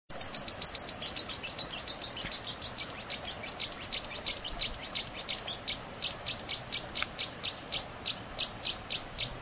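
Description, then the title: Yellow-lored tody-flycatcher giving a long, steady series of crisp, high-pitched tick notes, roughly three or four each second, throughout. "LuckyPassaro Completos2Sama. Yellow-lored Tody-Flycatcher (Todirostrum poliocephalum)"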